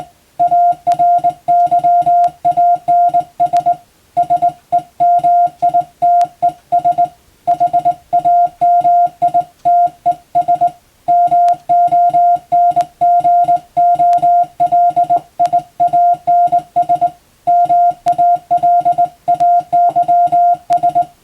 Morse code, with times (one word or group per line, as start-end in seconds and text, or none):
0.4-3.7 ARYANS
4.2-7.0 SEMITES
7.5-10.7 HAMITES
11.1-17.1 MONGOLIANS
17.5-21.0 MALAYS